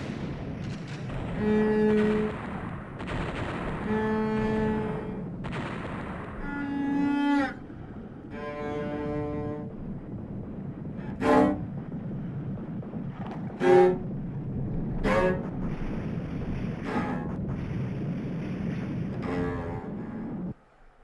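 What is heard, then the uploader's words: Steady low rumble under long, horn-like sung tones in the first ten seconds, then sharp gunshot cracks near eleven, fourteen and fifteen seconds. The beach, bombs, parachutes, gunfire and a song.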